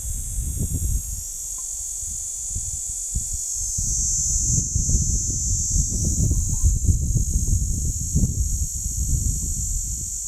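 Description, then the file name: Platypleura plumosa cicada song: an unbroken, steady high-pitched buzzing drone throughout, over a constant low rumble and scattered thumps. Recorded at Steytlerville. "P plumosa Steydtlerville"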